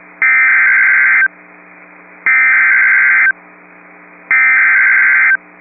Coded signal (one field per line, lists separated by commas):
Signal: Emergency Alert System (SAME) tones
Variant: header bursts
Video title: Severe Thunderstorm Warning (Burleigh and Morton Counties, ND) (8/28/24) [EAS #27]